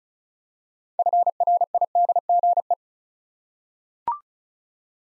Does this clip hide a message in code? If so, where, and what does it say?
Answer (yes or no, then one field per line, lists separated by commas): yes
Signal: Morse code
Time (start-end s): 1.0-2.7 s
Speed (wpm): 36 wpm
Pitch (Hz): 700 Hz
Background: none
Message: FRIDGE